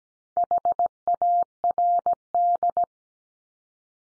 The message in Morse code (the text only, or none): HARD